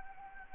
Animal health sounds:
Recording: mosquito wingbeat signal from an infrared sensor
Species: Anopheles gambiae

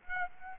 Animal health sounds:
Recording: mosquito wingbeat signal from an infrared sensor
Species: Aedes aegypti

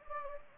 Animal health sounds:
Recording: mosquito wingbeat signal from an infrared sensor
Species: Anopheles gambiae

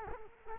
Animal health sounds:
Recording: mosquito wingbeat signal from an infrared sensor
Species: Culex quinquefasciatus

